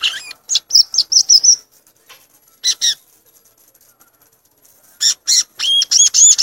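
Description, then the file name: Violaceous euphonia song in short bursts of high, buzzy chattering notes and brief whistles, separated by quiet pauses of a second or more. "canto do gaturamo verdadeiro"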